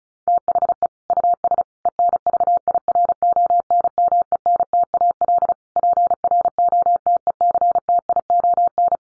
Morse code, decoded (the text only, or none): THE US ENVIRONMENTAL PROTECTION